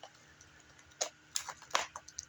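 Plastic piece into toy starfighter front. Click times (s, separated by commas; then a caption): 1.4 s. A plastic piece is pressed into the front of a Star Wars Vintage Collection The Mandalorian N-1 Starfighter toy, producing a few sharp, light plastic clicks and taps between 1.0 and 2.2 seconds over quiet background. The piece snaps in and seats with a crisp click at 1.4 seconds.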